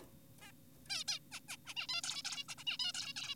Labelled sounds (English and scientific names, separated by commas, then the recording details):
Zebra Finch (Taeniopygia guttata)
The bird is an adult
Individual g4p5U